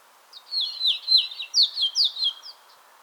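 European robin giving a two-second phrase of fluid, wavering high notes that rise and fall in quick succession before fading out.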